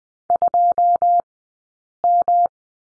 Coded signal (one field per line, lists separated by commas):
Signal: Morse code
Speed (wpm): 19 wpm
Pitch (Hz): 700 Hz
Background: none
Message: 2M